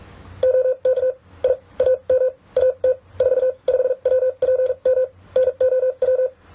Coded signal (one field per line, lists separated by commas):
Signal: Morse code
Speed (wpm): 44 wpm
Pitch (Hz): 510 Hz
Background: none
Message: OK I AM AT 45WPM NOW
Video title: CW Speed vs Accuracy (sending) 30-55wpm #morsecodepractice #morsecode #morse